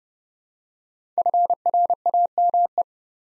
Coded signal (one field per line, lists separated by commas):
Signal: Morse code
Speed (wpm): 30 wpm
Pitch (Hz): 700 Hz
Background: none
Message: FRAME